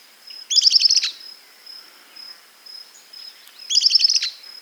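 Bird giving two short, high, buzzy bursts of rapid stuttering notes, about three seconds apart, over a thin continuous high whine.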